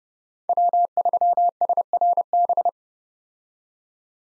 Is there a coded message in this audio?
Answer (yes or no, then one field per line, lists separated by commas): yes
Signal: Morse code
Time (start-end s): 0.5-2.7 s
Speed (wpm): 32 wpm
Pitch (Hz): 700 Hz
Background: none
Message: W3SRB